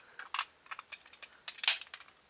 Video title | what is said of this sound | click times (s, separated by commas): UNBOXiNG Power Rangers DX Zord - Wild Force Red Lion PT. 1 OF 2 | until you hear a little snap and it's going to be a little floppy loose back there | 1.7 s